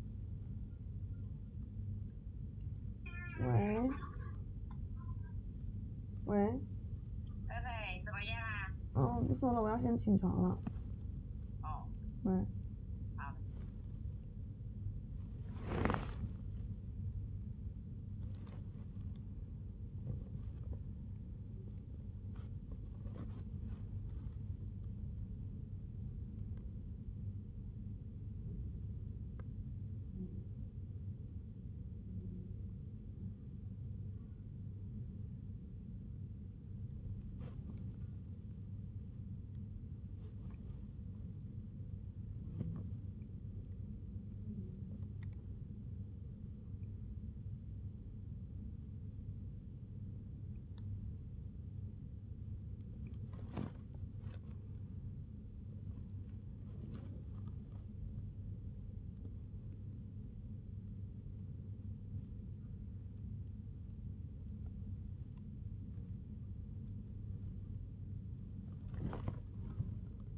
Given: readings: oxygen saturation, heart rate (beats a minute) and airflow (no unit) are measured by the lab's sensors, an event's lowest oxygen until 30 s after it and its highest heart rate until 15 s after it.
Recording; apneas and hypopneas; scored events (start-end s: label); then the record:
a person awake in a sleep study, by a smartphone at the bedside; none
0.00-70.38 s: awake
From the record:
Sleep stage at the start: awake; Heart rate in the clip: 62 to 83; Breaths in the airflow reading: 22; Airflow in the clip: -0.7 to 0.7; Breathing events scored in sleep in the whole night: 51 in 8.9 hours asleep